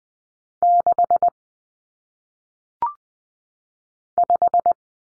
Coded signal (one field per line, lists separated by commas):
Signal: Morse code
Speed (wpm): 20 wpm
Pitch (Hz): 700 Hz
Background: none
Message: 6 5